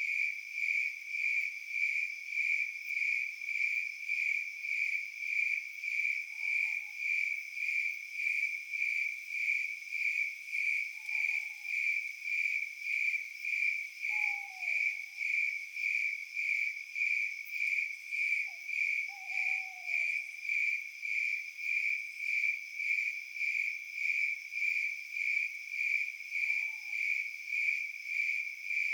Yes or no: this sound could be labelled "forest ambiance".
yes